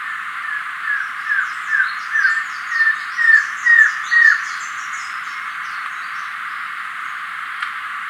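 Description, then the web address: Masked trogon call: a run of about eight downslurred notes that grow louder. Recorded in Ecuador. "Birds of Ecuador. Masked Trogon"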